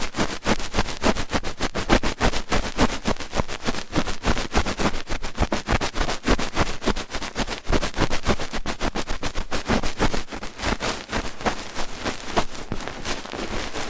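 Rough ear cleaning: a dense, continuous scratching and rubbing that crackles across low and bright tones alike. The strokes come fast and close together, with quick bursts layered on top, and the loudness stays fairly even for the whole stretch.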